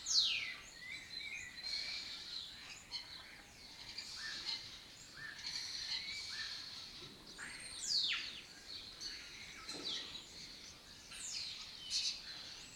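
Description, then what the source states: Lesser kestrels in a steady chorus of rasping chatter and falling squeals, many overlapping calls swelling and fading throughout. Migratory colony occupying an abandoned building complex in Doñana, southern Europe, its breeding area; the species forages in West Africa.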